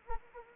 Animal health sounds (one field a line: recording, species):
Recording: mosquito wingbeat signal from an infrared sensor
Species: Anopheles arabiensis